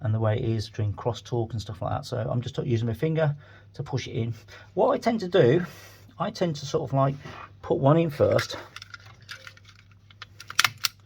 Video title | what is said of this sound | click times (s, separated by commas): One slip = GAME OVER - MCCB Panel Board and DATA CAT6 terminations | When you hear that double click, so once I've pushed it in, I'll do it again. | 10.6 s, 10.8 s